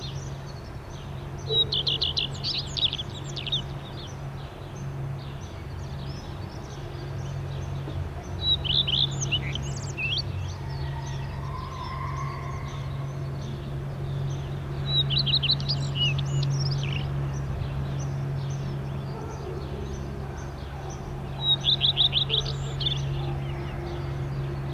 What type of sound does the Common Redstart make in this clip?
song